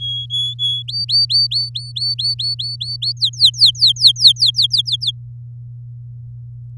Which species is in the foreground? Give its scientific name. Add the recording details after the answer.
Serinus canaria. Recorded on 8 May 2018 at 15:41. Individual llb16